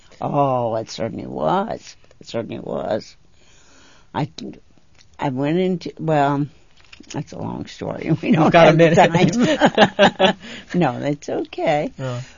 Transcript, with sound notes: Oh, it certainly was, it certainly was. I went into, well, that's a long story. ( they laugh ) No, that's okay.